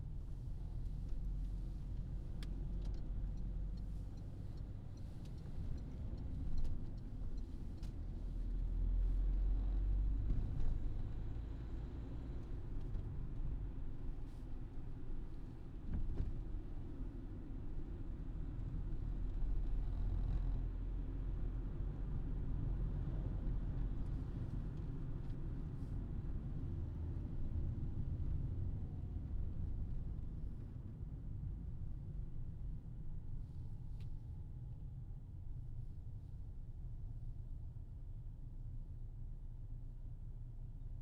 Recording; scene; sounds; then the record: everyday scene through a hearing-aid microphone; in a vehicle; engine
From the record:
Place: Berlingo II, diesel engine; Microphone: in the ear canal, left